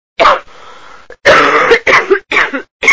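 A run of several short, harsh coughs from an adult sick with a cold, in everyday life.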